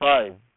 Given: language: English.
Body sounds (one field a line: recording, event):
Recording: throat vibration sensor signal played as sound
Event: speech